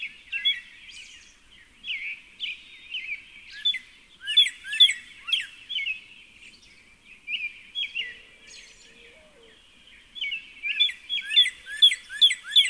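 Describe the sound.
Northern cardinal song: bursts of quick, sharp downslurred whistled notes repeated in short series, separated by pauses.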